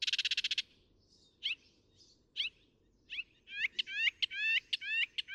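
Northern mockingbird song: a harsh buzzy rattle, then scattered slurred notes, ending in a rapid run of repeated notes.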